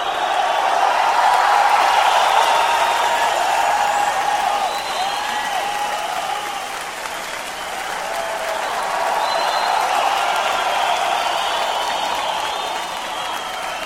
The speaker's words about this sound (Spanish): Y ya cuando vuelven a salir, pues la banda les aplaude, les chifla y les dice que qué chingones son.